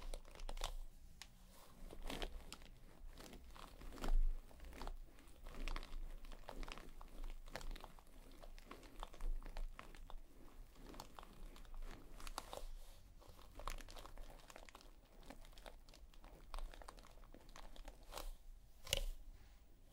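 Fingers massage a scalp and a brush works through hair, making dense, irregular crinkling and scratchy rustles that run the whole time. The strokes come in quick uneven bursts, with sharper crunchy accents near four seconds and again near nineteen, over a faint steady low hum.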